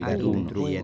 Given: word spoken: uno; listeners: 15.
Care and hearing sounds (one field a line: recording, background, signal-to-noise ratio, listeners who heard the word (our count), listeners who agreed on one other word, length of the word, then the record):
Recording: one Spanish word in noise, from a listening test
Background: four-talker babble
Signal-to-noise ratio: -1.8 dB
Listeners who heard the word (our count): 0 of 15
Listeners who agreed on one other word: 8 of 15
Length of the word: 0.43 s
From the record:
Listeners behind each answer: 8, 1, 1, 1, 1, 1, 1, 1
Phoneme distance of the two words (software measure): 21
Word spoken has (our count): 2 syllables, 3 phonemes, stress on syllable 1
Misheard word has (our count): 2 syllables, 4 phonemes, stress on syllable 2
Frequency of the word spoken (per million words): 891.59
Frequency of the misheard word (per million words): 4.23